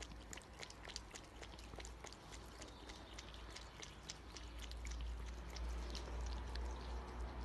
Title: Purkyňova 2728/1, 695 01 Hodonín, Česko - Cat drinks watter